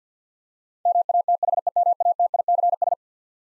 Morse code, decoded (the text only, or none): MATHEMATICS